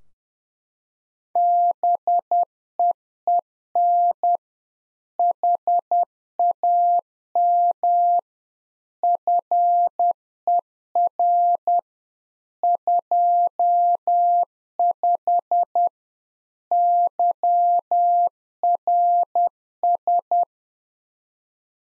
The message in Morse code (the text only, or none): BEEN HAM FER 25 YRS